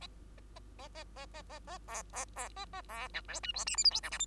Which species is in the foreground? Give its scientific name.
Lonchura striata domestica